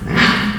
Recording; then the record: squeal of a Yucatan mini pig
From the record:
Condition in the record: after surgery on the right vocal fold (resection and tissue-engineered implant); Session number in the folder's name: 15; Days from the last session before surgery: 175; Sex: female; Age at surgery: 19 weeks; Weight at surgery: 25 kg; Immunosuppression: prednisolone